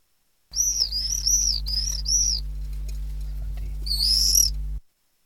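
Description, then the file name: Common swift screams, shrill buzzy notes near the top of the range, several wavering screams then a longer one near the end, over a steady low hum. "apus apus"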